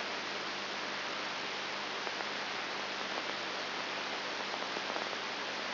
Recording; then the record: brain microelectrode recording played as sound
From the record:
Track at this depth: inside the subthalamic nucleus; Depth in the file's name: 4.301 mm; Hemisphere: left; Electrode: 3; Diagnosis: Parkinson's disease